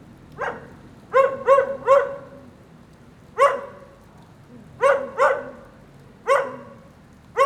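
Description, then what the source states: Dog barking in short bursts, often two or three quick barks together, nine barks in all. Lone dog in the rain during a thunderstorm at 9a. Avenida 414, Quezaltenango, Guatemala; storm ambience.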